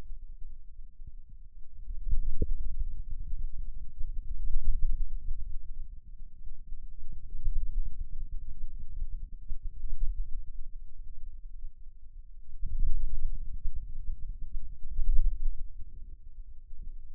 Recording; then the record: forearm muscle sounds (acoustic myography)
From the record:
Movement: hand closing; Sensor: system 2, bracelet of six BSWA MPA416 microphones around the upper forearm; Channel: 1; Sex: male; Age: 22 years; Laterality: right